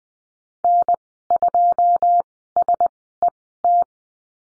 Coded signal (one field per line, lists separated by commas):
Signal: Morse code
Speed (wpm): 20 wpm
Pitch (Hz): 700 Hz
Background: none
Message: N2SET